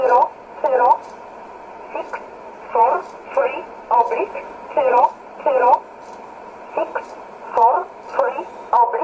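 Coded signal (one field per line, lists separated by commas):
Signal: numbers station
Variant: E11 Oblique, English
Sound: a voice reading short words at an even pace over a radio channel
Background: radio static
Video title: 12 06 2017 Numbers station E11 Oblique in English to Eu 0530 on 7600 in USB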